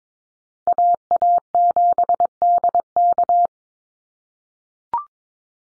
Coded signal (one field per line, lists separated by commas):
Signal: Morse code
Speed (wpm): 22 wpm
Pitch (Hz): 700 Hz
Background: none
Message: AA7DK